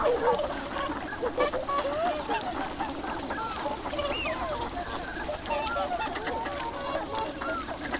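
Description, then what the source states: Ducks giving a chorus of overlapping whistled and nasal notes, several sliding up and down, continuing throughout over a constant rushing background. Ducks at the Abukuma River, recorded 7 January 2021.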